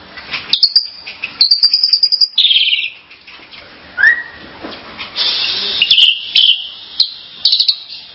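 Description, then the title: Starling song: a jumble of high whistles, rapid buzzy trills and harsh squeaky notes, with one clear rising whistle near the middle and scratchy bursts toward the end. "Kicau Burung Jalak"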